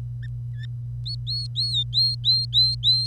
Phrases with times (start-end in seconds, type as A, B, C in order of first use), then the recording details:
1.06-3.07 A. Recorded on 25 April 2018 at 08:57. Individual llb3